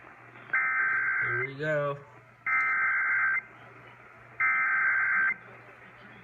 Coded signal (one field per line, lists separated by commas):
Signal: Emergency Alert System (SAME) tones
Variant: header bursts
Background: speech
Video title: North Texas Mayhem - EAS alerts from March 18, 2020 | EAS #73-83